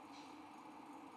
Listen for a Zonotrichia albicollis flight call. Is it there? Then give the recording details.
no. No flight call is heard. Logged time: 11:48 on 5 December 2014